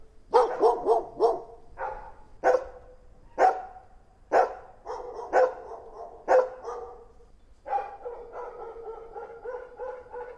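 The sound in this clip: Dog barking in short sharp bursts roughly every second, followed by a longer whining, drawn-out vocalization near the end.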